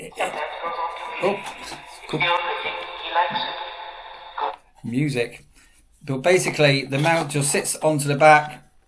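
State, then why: Not seated. The screen of a CARPURIDE W703 portable smart multimedia car stereo is handled beside its mount, which fits onto the back of the unit, while someone talks over music. The screen has not yet clicked onto the mount and nothing has seated by the end of the clip.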